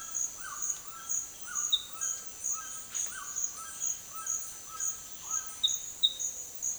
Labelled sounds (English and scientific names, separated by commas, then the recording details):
White-throated Toucan (Ramphastos tucanus)
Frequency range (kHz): White-throated Toucan (Ramphastos tucanus) 0.6-3.7 kHz
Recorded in dense forest near Puerto Asís, Putumayo, Colombia, on 21 February 2024 at 08:00
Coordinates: 0.502, -76.326
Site G6460